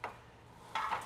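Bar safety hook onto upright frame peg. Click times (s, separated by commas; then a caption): 0.8 s. The steel safety hook on a Valor Fitness BE-11 Smith machine bar is rotated so it drops over the peg on the upright frame. A short knock sounds at 0.0 s, then a metallic clunk at 0.8 s with a second hit just after. The hook locks onto the peg and is seated.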